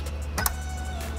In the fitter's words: so if you hear that click you know you're good now